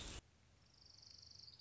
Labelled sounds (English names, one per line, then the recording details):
Orange-crowned Warbler
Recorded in Sonoma County, California